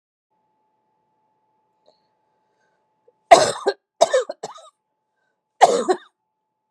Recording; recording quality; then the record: heavy voluntary cough; excellent, no background noise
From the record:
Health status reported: COVID-19 positive, no symptoms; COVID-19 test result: positive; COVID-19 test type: rapid antigen test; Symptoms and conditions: cough, sore throat, fatigue, muscle pain, hypertension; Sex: female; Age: 50 years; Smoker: no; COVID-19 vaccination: both doses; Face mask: not worn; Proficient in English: yes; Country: United States